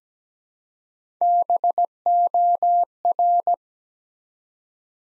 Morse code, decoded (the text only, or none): BOR